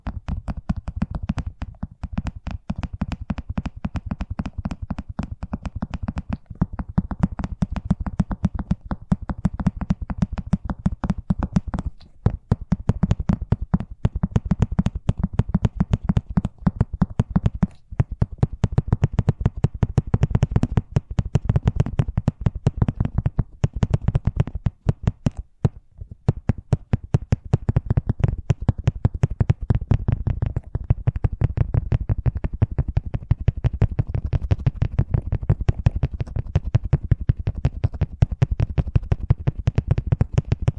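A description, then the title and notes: Fast tapping runs almost continuously, a dense stream of sharp, closely spaced clicks with a thudding low body. The pace stays quick throughout, with brief gaps near 12, 18 and 25 seconds. ASMR Braingasm Inducing Fast Tapping (No Talking).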